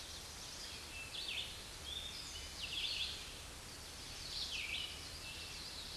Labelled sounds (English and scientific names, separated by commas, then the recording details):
Red-eyed Vireo (Vireo olivaceus) song
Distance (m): 10 m
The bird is about level with the microphone
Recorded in a Pennsylvania forest on 16 May 2024 at 07:43
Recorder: AudioMoth, point MSD-2287
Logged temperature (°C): 11.2 °C
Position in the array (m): 149 m, 27 m